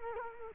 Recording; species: mosquito wingbeat signal from an infrared sensor; Culex quinquefasciatus